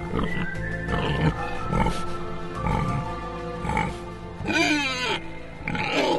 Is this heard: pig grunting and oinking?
yes